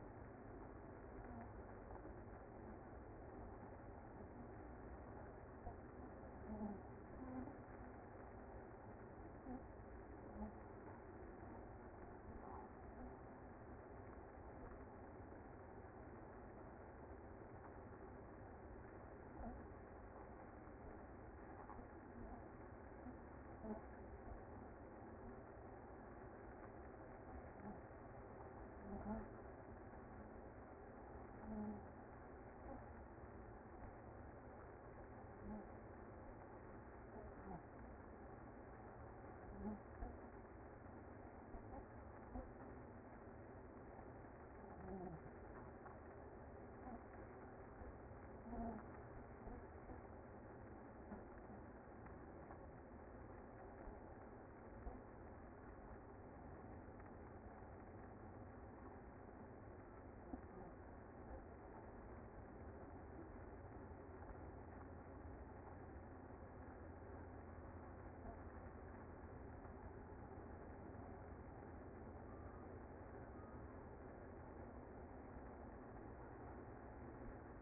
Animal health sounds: honeybee colony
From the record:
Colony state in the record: active

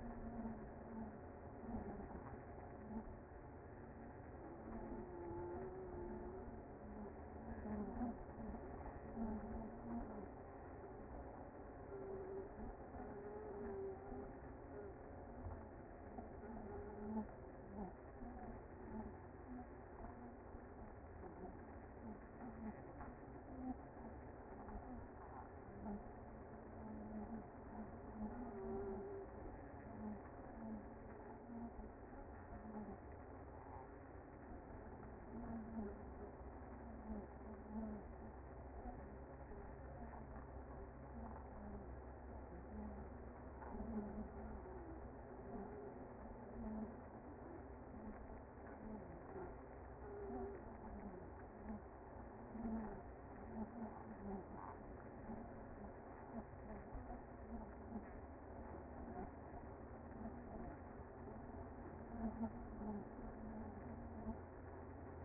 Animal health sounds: honeybee colony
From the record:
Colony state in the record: active

